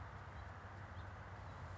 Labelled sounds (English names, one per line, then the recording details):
House Finch
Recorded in Sonoma County, California